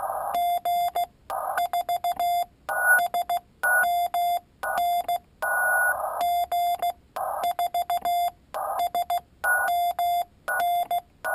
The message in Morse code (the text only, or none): G4SMN G4SMN